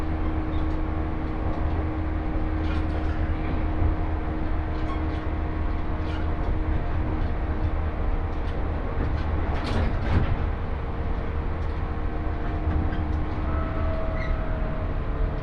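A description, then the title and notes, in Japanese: A train ride on the Ako Line: a steady low rumble and hum, with faint clicks and brief squeaks scattered throughout and one louder clatter near ten seconds. 耳で楽しむ鉄道旅 赤穂線 岡山→西大寺。岡山からは赤穂線に乗車して西大寺に向かいます。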